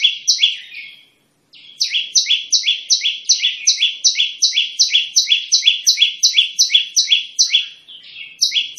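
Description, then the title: Olive-backed tailorbird chipping in sharp two-part notes, a short opening burst, a pause, then a long fast run of repeated calls. Tembakan call of the olive-backed tailorbird (prenjak lumut), used as a vocal tutor for training songbirds and as an effective lure. "Tembakan Prenjak Lumut Pikat Mantap Jadi Guru Vokal"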